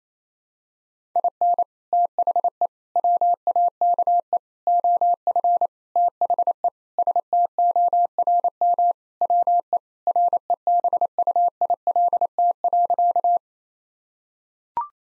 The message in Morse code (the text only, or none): IN THE WAKE OF THE STORM WE REBUILT.